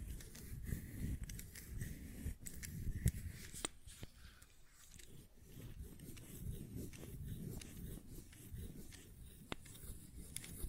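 Fidget cube sounds: scattered sharp clicks and taps, irregular and a second or so apart, with a clear snap near three seconds and others around four and nine and a half seconds. Between them runs a constant low rustling rumble, like handling noise, that swells and fades.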